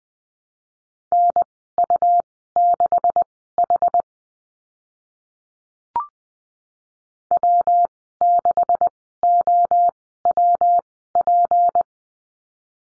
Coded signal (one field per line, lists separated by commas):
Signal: Morse code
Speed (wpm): 20 wpm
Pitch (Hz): 700 Hz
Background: none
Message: NU6H W6OWP